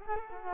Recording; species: mosquito wingbeat signal from an infrared sensor; Culex quinquefasciatus